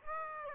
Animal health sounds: mosquito wingbeat signal from an infrared sensor; Aedes aegypti

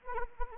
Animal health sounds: mosquito wingbeat signal from an infrared sensor; Anopheles arabiensis

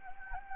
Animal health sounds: mosquito wingbeat signal from an infrared sensor; Anopheles gambiae

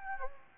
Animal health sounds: mosquito wingbeat signal from an infrared sensor; Anopheles gambiae

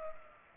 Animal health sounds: mosquito wingbeat signal from an infrared sensor; Culex pipiens

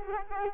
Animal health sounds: mosquito wingbeat signal from an infrared sensor; Culex quinquefasciatus

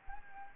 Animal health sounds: mosquito wingbeat signal from an infrared sensor; Anopheles gambiae

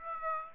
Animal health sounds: mosquito wingbeat signal from an infrared sensor; Aedes aegypti

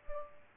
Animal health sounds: mosquito wingbeat signal from an infrared sensor; Culex pipiens

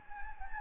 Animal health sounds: mosquito wingbeat signal from an infrared sensor; Anopheles gambiae

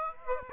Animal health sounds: mosquito wingbeat signal from an infrared sensor; Aedes aegypti

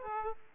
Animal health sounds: mosquito wingbeat signal from an infrared sensor; Aedes aegypti

